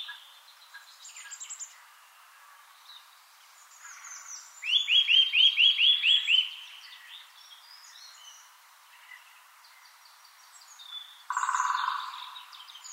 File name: Sitta europaea 110223